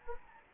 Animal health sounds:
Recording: mosquito wingbeat signal from an infrared sensor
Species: Anopheles gambiae

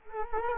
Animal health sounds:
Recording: mosquito wingbeat signal from an infrared sensor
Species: Culex quinquefasciatus

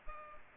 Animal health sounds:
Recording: mosquito wingbeat signal from an infrared sensor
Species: Culex pipiens

